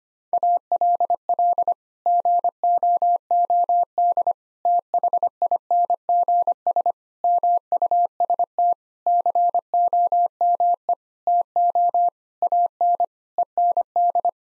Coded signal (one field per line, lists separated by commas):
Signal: Morse code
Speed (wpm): 25 wpm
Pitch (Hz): 700 Hz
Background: none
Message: ALL GOOD THINGS MUST COME TO AN END